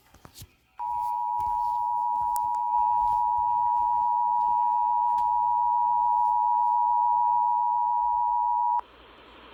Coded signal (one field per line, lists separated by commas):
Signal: Emergency Alert System (SAME) tones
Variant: 853 and 960 Hz attention tone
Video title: Eas FLW Eas#394